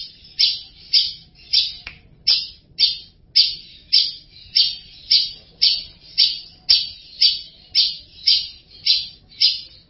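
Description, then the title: Long-tailed shrike song, loud harsh rasping notes repeated steadily almost twice a second, with faint low background hum. Champion competition songbird. "Kicau Burung Cendet Juara"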